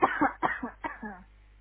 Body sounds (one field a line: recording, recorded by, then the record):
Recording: voluntary cough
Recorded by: telephone call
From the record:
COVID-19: negative